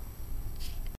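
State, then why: Not seated. The battery compartment trap door of a Dboys Mk12 MOD0 airsoft AEG rifle is being handled after the joined battery plugs have been tucked into the compartment, ahead of pushing the door up into the rifle body. Low, steady rustling and handling noise with a couple of brief brighter scrapes near 0.6–0.7 s and 0.9 s is heard, then the sound cuts off abruptly just before 1.0 s. Nothing has seated or clicked yet.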